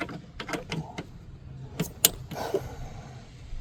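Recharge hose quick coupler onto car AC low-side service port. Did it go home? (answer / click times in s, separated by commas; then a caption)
yes / 2.0 s. The quick-connect coupler of a DIY air-conditioning recharge hose is pushed onto the low-pressure service port of a car's AC system. A few light knocks and handling sounds come first, then a sharp snap at 2.1 s as the coupler seats onto the low-side port.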